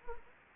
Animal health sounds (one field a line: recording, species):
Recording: mosquito wingbeat signal from an infrared sensor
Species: Anopheles arabiensis